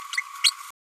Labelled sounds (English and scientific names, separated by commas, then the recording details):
Green-rumped Parrotlet (Forpus passerinus) babbling
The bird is a female
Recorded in a nest box in Venezuela
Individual 17B102A5